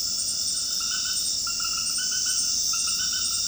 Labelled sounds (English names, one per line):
none